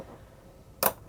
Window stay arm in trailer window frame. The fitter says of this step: A little more. Hear that click?